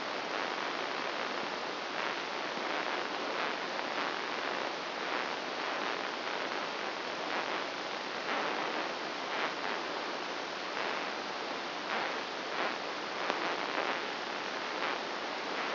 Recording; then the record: brain microelectrode recording played as sound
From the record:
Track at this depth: outside the subthalamic nucleus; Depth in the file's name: 0.089 mm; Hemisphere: right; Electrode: 2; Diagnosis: Parkinson's disease